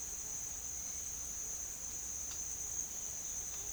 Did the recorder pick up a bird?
no